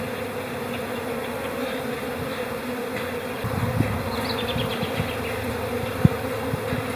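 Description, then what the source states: Honey bees humming in a dense, steady drone with a low buzzy tone, a few louder passing buzzes, and faint high bird chirps partway through. Hive chatter in April; a robin also chimes in.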